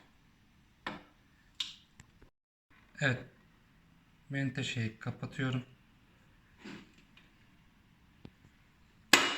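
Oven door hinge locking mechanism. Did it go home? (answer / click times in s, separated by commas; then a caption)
yes / 9.1 s. With the oven door removed, a spring-loaded oven door hinge is closed by hand and snaps shut under its strong spring, locking in that position. Someone talks over a few small taps, then a sharp, loud click sounds at 9.1 s as the hinge snaps closed and locks.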